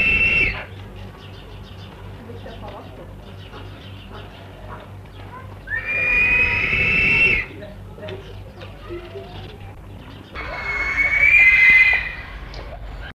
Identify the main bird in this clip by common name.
African Harrier-hawk